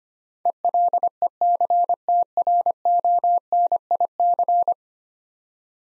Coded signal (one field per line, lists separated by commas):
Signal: Morse code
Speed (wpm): 25 wpm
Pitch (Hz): 700 Hz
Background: none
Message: ELECTRONIC